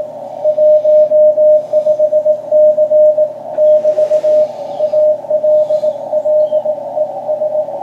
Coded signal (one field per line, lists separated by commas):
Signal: Morse code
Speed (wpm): 18 wpm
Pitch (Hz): 620 Hz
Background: radio noise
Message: 15C <BT> ALLES